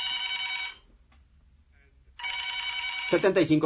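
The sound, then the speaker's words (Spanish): A telephone bell in the booth of a Mexican radio program rings in two bright, buzzing bursts separated by a pause of over a second; a voice begins speaking over the tail of the second ring. “Teléfono en cabina.”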